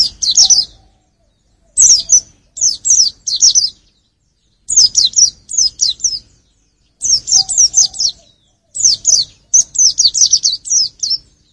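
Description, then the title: White-eye giving high, thin chirping phrases in quick runs, five bursts spaced by short silences. "pleci"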